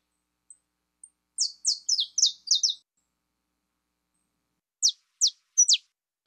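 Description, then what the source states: Belgian canary song: a few faint high ticks, then a fast run of six descending chirps, a pause of about two seconds, and three sharp downward-sweeping notes. Song of a pure Belgian canary.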